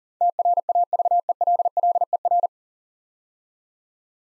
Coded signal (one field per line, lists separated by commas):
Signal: Morse code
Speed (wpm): 40 wpm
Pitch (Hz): 700 Hz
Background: none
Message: TRAVELLER